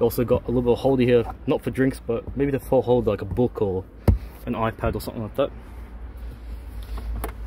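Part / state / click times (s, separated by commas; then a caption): second-row seat latching into its locked position / seated / 7.2 s. A 2021 Kia Sorento's second-row seat mechanism on one side is pulled until it latches. Someone talks, then a sharp click is heard at 7.2 s as the seat locks in place.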